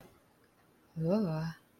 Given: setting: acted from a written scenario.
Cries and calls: vocal sound without words; desire

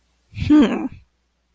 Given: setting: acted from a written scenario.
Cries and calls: vocal sound without words; contempt

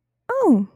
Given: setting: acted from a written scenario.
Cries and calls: vocal sound without words; positive surprise

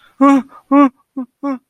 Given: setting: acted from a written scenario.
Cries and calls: vocal sound without words; distress

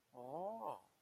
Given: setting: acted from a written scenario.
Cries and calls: vocal sound without words; awe

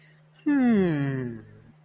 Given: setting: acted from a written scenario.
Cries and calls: vocal sound without words; interest

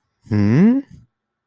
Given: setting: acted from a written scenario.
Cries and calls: vocal sound without words; interest

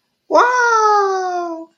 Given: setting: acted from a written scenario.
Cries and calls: vocal sound without words; serenity

